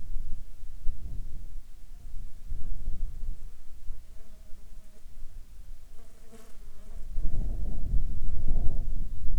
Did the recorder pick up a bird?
no